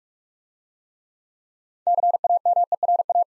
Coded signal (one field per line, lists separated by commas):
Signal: Morse code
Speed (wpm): 46 wpm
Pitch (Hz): 700 Hz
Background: none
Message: CAMERA